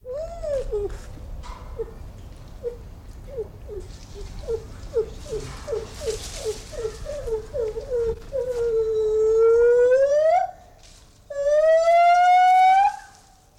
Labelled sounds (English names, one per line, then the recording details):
Lar Gibbon call
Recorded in captivity
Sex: group
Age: diverse
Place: Tiergarten Nürnberg, Bayern, DE
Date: 1995-09-07 18:41
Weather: bedeckt, 23°C
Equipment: Nagra SN, Sennheiser ME 80, Kopie Uher 4000 Report Monitor
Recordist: Tembrock, Günter
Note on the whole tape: Weibchen, Männchen und zwei Nachkommen (Männchen) unterschiedlich alt (subadult) von hinten herangetreten, durch bekannte Person (Sylvia Wendland) zur Lautgebung aktiviert. Längere Strecke. Entf. 50cm - 2m. Teil 1